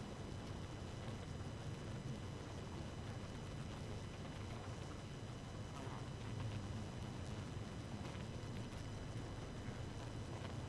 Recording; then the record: honeybee colony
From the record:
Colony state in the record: active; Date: 12 June 2018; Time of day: 0:35